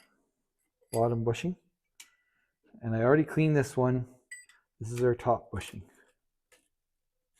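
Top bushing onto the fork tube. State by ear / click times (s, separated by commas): not seated / none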